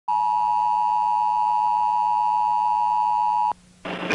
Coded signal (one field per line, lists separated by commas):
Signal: Emergency Alert System (SAME) tones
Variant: 853 and 960 Hz attention tone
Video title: eas alert meme